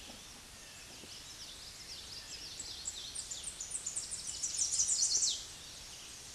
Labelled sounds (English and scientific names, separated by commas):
Tennessee Warbler (Leiothlypis peregrina) song